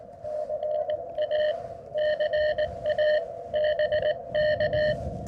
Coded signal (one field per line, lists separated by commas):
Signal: Morse code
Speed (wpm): 16 wpm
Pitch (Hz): 600 Hz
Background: none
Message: CA CA BK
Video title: A Quick POTA Activation @ Kartchner Caverns State Park, AZ